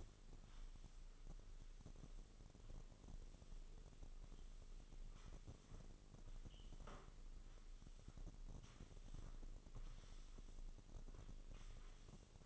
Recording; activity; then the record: daily activity, microphone in the room; sweep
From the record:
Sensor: 4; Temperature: 26.8 degrees Celsius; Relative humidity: 28.1%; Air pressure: 996.7 hPa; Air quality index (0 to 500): 87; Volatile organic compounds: 4 ppm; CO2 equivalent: 1684 ppm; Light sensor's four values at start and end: 21/57/22/24 and 21/55/22/23